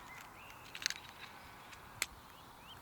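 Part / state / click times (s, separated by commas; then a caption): pellet magazine into air rifle action / seated / 0.9 s. A 21-round .177 rotary pellet magazine is pushed into the side of the action of an FX Impact UK sub-12 ft/lb .177 air rifle, with the bolt already pulled to the rear. A quick cluster of sharp clicks peaks at 0.9 s as the magazine seats, and another single sharp click follows at about 2.0 s.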